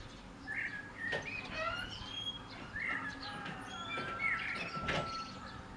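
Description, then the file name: Common blackbird calls, a scatter of short chirping and thin whistled notes around steady low rumbling background noise, with other faint bird notes mixed in. "Turdus merula"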